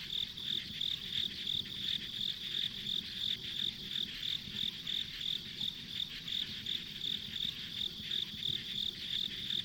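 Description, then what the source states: Insect chirping steadily in high pulses about three per second, with a shimmering background chorus of more insects. Ambient insect sounds recorded along a rural country road.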